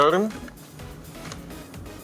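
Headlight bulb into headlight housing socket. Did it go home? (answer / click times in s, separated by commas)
yes / 1.3 s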